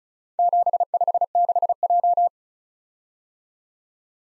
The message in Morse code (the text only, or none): 756J